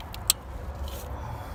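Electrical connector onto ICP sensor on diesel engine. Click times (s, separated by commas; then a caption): 0.3 s. A wiring harness plug is pushed onto a new ICP sensor on a 7.3L diesel engine until its plastic latch engages. A faint tick at 0.1 s comes before a sharp, bright click at 0.3 s, heard over a low, steady rumble, and the connector is seated.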